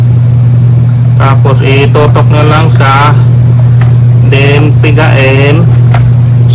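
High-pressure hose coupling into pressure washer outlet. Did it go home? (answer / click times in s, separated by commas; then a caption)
yes / 5.9 s. A high-pressure hose end is aimed into the outlet fitting on a pressure washer, squeezed and twisted until the coupling locks, clicking into place at 5.9 s. Someone talks over a steady low hum, and a brief tap is also heard at 3.8 s. The hose coupling ends up seated and locked.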